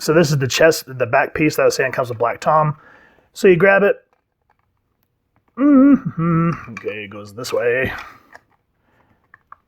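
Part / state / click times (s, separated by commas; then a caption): plastic back piece onto action figure chest / seated / 9.3 s, 9.5 s. Someone talks while pressing a plastic back piece of a build-a-figure action figure torso onto the chest section. After the talking stops, faint handling sounds follow, then two sharp clicks at 9.3 and 9.5 seconds as the back piece snaps into place on the chest.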